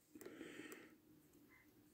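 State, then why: Seated. A detachable plastic hand is pushed back onto the wrist peg of a Hiya Toys Exquisite Mini 1:18 scale Chopper Predator action figure. It pops on with a sharp click at 0.2 s, followed by a softer tick at 0.7 s. The hand stays seated on the peg, though it comes off fairly easily.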